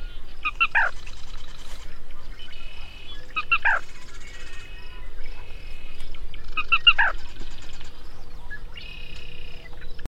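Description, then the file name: Black rail song: three stuttering bursts of descending ringing notes, roughly three seconds apart, alternating with buzzy trilled phrases. "Canto da sana preta"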